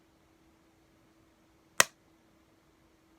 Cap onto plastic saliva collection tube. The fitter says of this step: Pretty sure that was a click. Was that a click? Do you consider that a click?